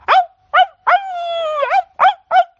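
dog growling and barking

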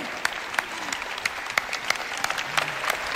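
audience applause

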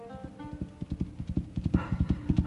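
horse hooves clip-clopping

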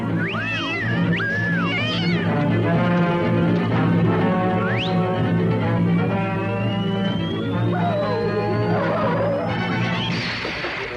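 cat meowing and caterwauling

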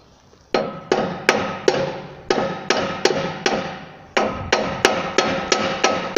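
hammer blows

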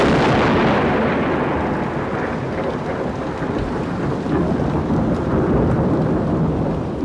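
thunderstorm with rain

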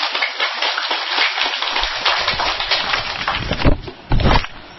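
audience applause

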